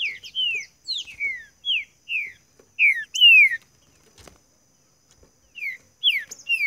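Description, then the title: Green-winged saltator song, a string of clear whistled notes each slurring downward, delivered in quick bursts with a short pause near the middle before resuming. Song used to warm up a competition bird; described as chirping, singing and 'macheando' (male-style singing) in contest. "Esse É PERFEITO Para ESQUENTAR Seu TRINCA Piando, Cantando E Macheando Na DISPUTA. TRINCA FERRO CANTANDO MUITO PARA ESQUENTAR TRINCA FERRO"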